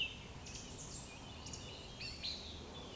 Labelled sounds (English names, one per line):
Eurasian Woodcock whistle